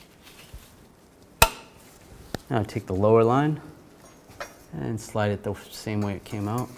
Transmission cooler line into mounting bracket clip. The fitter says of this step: Now over to this bracket and just lock it in place.